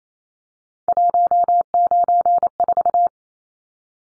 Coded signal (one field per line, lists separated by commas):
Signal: Morse code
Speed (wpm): 28 wpm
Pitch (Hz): 700 Hz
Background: none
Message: 194